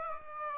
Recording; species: mosquito wingbeat signal from an infrared sensor; Aedes aegypti